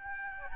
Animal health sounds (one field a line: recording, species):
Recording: mosquito wingbeat signal from an infrared sensor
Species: Aedes albopictus